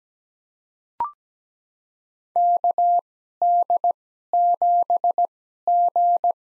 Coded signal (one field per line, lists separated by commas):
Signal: Morse code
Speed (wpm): 17 wpm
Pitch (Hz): 700 Hz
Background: none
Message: KD7G